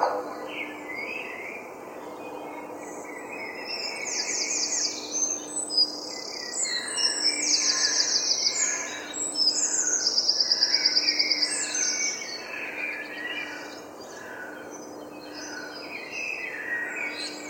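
A dawn chorus of many birds singing at once, with overlapping chirps, trills and whistles throughout. High, rapid trills stand out between about 4 and 11 seconds, the busiest stretch. A low steady hum runs underneath the whole time.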